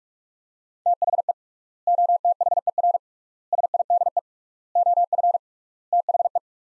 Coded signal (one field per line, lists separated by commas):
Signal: Morse code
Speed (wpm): 42 wpm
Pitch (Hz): 700 Hz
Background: none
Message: THE OTHER SIDE OF THE